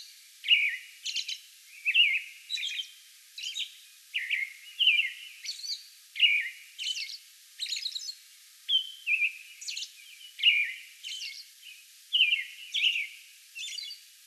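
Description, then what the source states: American robin pours out a long string of whistled, slightly slurred phrases and high squeaky notes with only short pauses. Song bout recorded on May 11.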